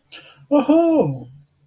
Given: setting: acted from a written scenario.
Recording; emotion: vocal sound without words; elation